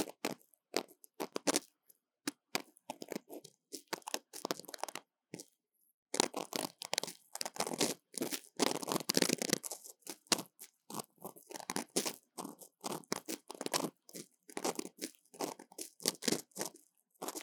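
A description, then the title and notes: Ear cleaning makes dense bursts of crackly, rustling scratches, stop-start throughout, with short silent gaps and a busier stretch from six to ten seconds. ASMR 3Dio 耳掃除 귀 청소 | Ear Cleaning | No Talking.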